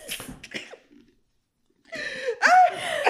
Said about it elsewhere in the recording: I have this really weird cough. I sound like an old man. It is not COVID. I've been to the doctor several times.